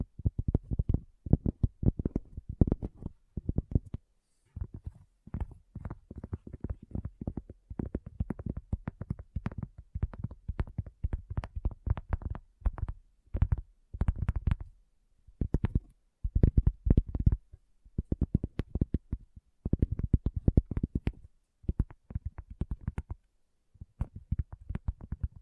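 Fast tapping in dense bursts fills the whole clip, with short silent gaps between clusters. The taps are mostly low and thudding with brief bright clicks on top, coming in quick irregular runs and getting a little louder in the second half.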